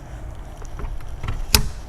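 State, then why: Seated. A coolant hose quick-connect fitting is pushed onto the heater core hose nipple on an F-150. A few faint taps and rustles come before a single sharp, loud click at 1.6 s. The fitting snaps in and is seated.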